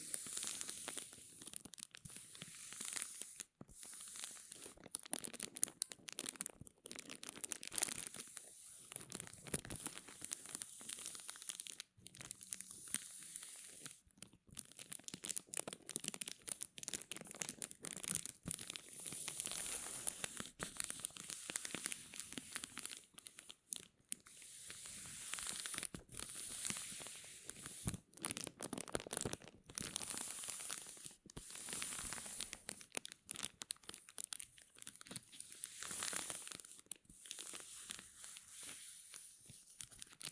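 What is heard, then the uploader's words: Continuous rubbing and crinkling of material, a dense, irregular bright rustle with frequent sharp crackles and brief pauses throughout. Rubbing and Crinkles (NO TALKING).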